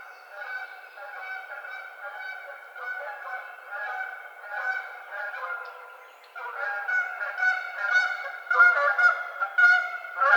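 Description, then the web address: Canada goose giving repeated nasal honks, softer at first, then louder and busier toward the end. Recorded 30 April 2009. "Canada Goose 2009 04 30"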